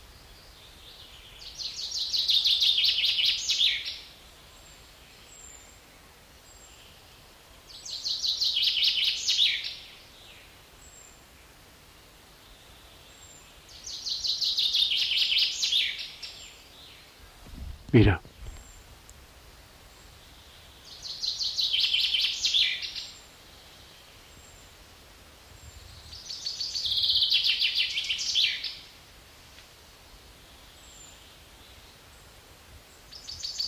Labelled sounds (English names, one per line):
Common Chaffinch song